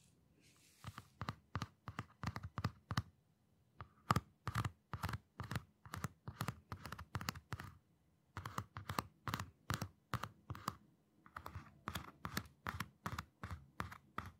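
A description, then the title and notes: Quick fingertip taps come in fast rhythmic bursts with short pauses between them, crisp, with light scratching. ASMR Invisible Triggers Tapping, scratching, squeezing, stroking Hand movements (no talking).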